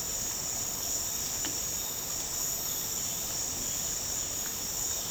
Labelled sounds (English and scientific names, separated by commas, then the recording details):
none
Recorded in dense forest near Puerto Asís, Putumayo, Colombia, on 12 March 2025 at 10:30
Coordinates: 0.467, -76.328
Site G041